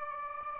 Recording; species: mosquito wingbeat signal from an infrared sensor; Aedes aegypti